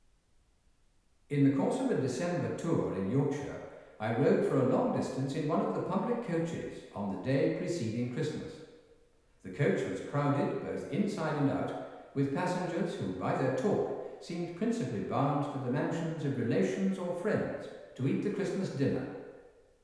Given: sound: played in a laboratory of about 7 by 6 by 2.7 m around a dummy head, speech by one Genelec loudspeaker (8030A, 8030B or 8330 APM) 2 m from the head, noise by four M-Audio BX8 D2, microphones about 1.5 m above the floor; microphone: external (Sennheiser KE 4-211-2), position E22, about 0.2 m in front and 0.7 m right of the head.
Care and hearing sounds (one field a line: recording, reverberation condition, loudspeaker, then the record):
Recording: male speech in English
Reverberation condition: high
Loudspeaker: in front (0 degrees)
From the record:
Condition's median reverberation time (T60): about 1300 ms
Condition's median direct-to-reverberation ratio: about -4.0 dB